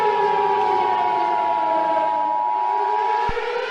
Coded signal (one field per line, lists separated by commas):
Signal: Emergency Alert System (SAME) tones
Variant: 853 and 960 Hz attention tone